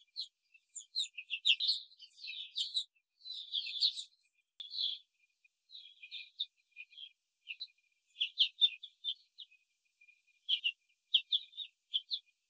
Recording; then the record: young laying hens in a cage, short pieces joined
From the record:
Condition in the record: control cage, before the stress test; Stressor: none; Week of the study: 4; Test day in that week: 3